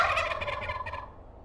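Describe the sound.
Turkey gobble, a fast bubbling rattle that trails off.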